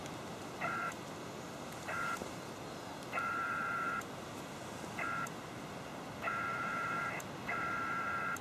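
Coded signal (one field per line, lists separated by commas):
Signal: HF data modem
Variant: PACTOR-II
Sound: chirpy tone bursts, short and long, repeating over hiss, about seven bursts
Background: radio static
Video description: P2 mode was used for this connection because of the 30m frequency (Canadian Regs!).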